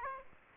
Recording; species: mosquito wingbeat signal from an infrared sensor; Aedes aegypti